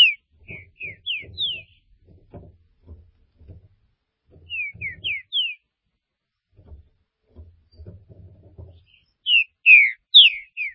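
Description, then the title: Green-winged saltator song: short whistled phrases of slurred notes, repeated every few seconds, with soft low thumping sounds underneath. "Trinca Ferro"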